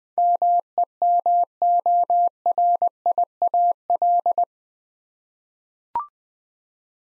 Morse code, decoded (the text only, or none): MEMORIAL